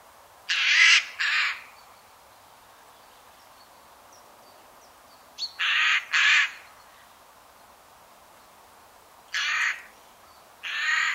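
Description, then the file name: Eurasian jay making loud, hoarse screeches, mostly in twos and threes, with long pauses between the bouts and little other sound. "Garrulus glandarius"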